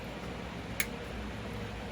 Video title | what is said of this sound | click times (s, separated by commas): finally another gaming PC budget build | they just click right in | 0.8 s